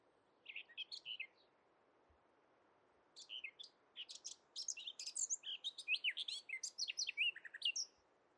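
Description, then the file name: Eurasian blackcap song: a brief high warbled phrase, a pause, then a long rapid stream of varied squeaky and fluty notes that grows louder before stopping. "Sylvia atricapilla"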